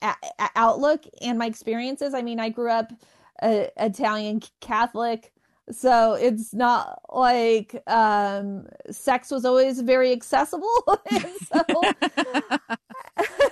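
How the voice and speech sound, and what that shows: Adult woman, a comedian and author who stutters, speaking with stretched sounds, hesitant glottal starts and a prolonged 'like... um', consistent with stuttering.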